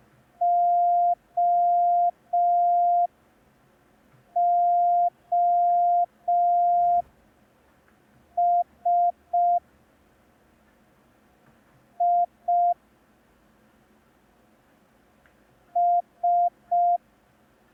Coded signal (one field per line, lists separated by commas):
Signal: Morse code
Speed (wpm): 5 wpm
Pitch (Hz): 700 Hz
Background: none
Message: OOS I S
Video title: Learn Morse Code in 10 Days (Day 1) – ASOC Tutorials India